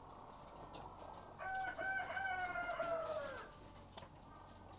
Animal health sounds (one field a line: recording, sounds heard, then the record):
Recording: poultry house recording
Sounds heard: sick chickens (respiratory disease)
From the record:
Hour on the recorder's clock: 12